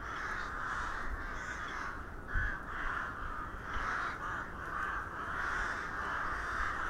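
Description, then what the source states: Many crows cawing together, a steady raucous wash of overlapping calls with brief louder peaks and faint low noise. Crows recorded in Hernals, Vienna, in December 2021.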